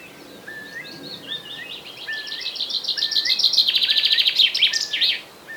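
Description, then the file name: Common chaffinch song: a rapid series of notes ending in a loud flourish, with soft, lower whistled notes in the background. "Fringilla coelebs"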